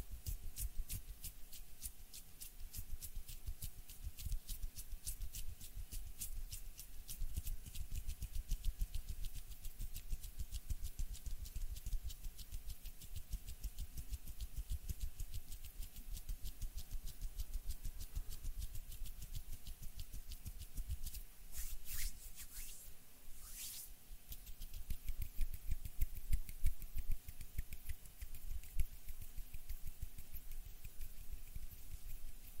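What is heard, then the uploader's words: Hand sounds and movements: a dense, steady run of quick soft taps and rubs, regular throughout with a low rumble underneath. Around twenty-two to twenty-four seconds a few brighter swishes stand out, then the tapping grows slightly sharper toward the end. HAND SOUNDS AND MOVEMENTS ASMR. NO TALKING.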